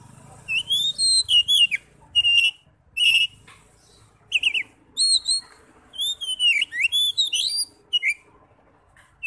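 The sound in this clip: Oriental magpie-robin song: bright rising whistles and twisting slurred notes in rapid series, nearly continuous with brief pauses.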